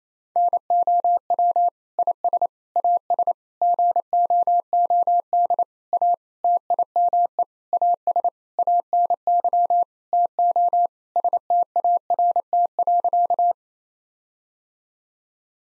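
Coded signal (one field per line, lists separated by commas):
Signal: Morse code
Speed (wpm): 27 wpm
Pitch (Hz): 700 Hz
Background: none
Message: NOW IS AS GOOD A TIME AS ANY TO START.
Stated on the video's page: Head-copy practice of sentences with common nine-word phrases at 28 wpm.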